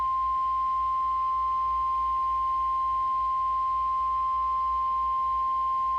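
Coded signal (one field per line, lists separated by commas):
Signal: Emergency Alert System (SAME) tones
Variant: 1050 Hz attention tone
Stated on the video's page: NOAA Weather Radio Flash Flood Warning SAME tones for southeastern Pennsylvania counties including Philadelphia.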